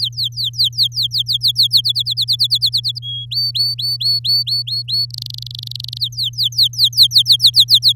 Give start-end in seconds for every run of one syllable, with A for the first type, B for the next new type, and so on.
0.00-1.67 A, 1.71-2.99 B, 3.02-3.25 C, 3.31-5.05 D, 5.10-5.98 E, 5.99-7.93 A